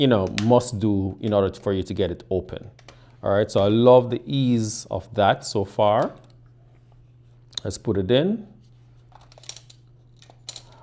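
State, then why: Not seated. Someone talks, then pushes a lithium battery pack into the battery compartment of a new Godox V480 speedlight flash, making a few faint taps and light plastic contact sounds. The battery does not snap into place, and there is no latching click, so nothing has seated or clicked yet.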